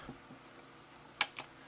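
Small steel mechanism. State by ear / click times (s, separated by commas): seated / 1.2 s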